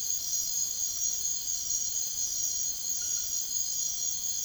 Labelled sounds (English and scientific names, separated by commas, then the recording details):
none
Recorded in secondary vegetation near Puerto Asís, Putumayo, Colombia, on 13 March 2025 at 03:30
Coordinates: 0.489, -76.322
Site G042